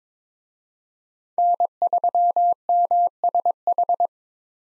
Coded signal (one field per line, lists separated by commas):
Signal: Morse code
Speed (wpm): 22 wpm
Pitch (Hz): 700 Hz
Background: none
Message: N3MSH